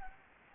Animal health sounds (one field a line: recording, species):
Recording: mosquito wingbeat signal from an infrared sensor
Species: Anopheles gambiae